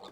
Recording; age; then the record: pig call; piglet (1 to 25 days)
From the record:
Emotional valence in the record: negative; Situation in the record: short isolation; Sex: male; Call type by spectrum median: low-frequency call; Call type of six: low-frequency tonal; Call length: 0.12 s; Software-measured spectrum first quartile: 592 Hz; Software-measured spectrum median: 1136 Hz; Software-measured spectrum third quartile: 3073 Hz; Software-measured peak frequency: 486 Hz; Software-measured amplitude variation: 84 dB a second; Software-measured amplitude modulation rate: 21.3 a second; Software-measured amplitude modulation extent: 3.9 dB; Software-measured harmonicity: 1.4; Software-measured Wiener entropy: -2.35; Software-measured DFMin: 1048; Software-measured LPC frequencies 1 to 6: 641, 1105, 3575, 4053, 7396, 8119 Hz